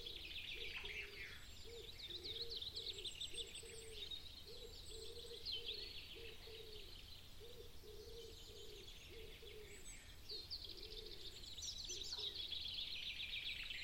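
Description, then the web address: Bird calls: a dense chorus of high chattering and twittering, with a repeated lower pulsing note, over steady low background noise. "Bird Only"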